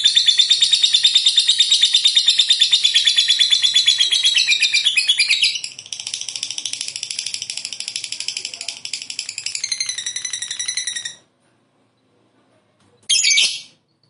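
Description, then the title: Lovebird song, an extended high buzzy chatter pulsing rapidly, changing tone partway, then stopping, followed after a pause by one short burst. "Suara Lovebird"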